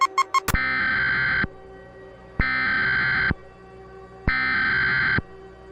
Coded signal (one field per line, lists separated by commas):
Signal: Emergency Alert System (SAME) tones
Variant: header bursts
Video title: EAS Scenario - Blue Moon Virus Remastered